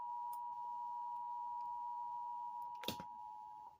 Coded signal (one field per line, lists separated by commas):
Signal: Emergency Alert System (SAME) tones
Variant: 853 and 960 Hz attention tone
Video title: EAS Alerts from July 30 - 31 2024 SWO KHB59 Beaver CH12